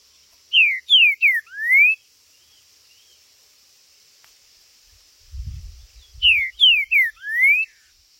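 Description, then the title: Green-winged saltator repeating a whistled phrase, three downslurs then a rising note, twice several seconds apart, with low thumping sounds just before the second phrase. Trinca-ferro chirping, singing and territorial calling (macheando) in a contest; video meant to stir up a listener's own trinca-ferro. "Seu TRINCA Piando, Cantando E Macheando Na DISPUTA. TRINCA FERRO Cantando e MACHEANDO!!"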